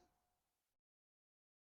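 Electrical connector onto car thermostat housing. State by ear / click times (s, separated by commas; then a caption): not seated / none. A plastic electrical connector is pinched and slid down onto the aluminium thermostat housing of a BMW M54/M52/M52tu engine during a thermostat replacement. A faint, steady broadband rustle with a low hum fades slightly, then cuts to silence at about 0.8 s. Nothing has clicked, and the plug seems tight when pulled.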